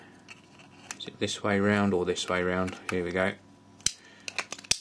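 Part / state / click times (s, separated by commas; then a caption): plug adapter plate into power supply / seated / 4.7 s. A plastic country plug adapter plate is pushed onto a tablet's multi-voltage power supply while someone talks, with small handling clicks and taps around it. It snaps home with a sharp click at 4.7 s, seating the plate in place.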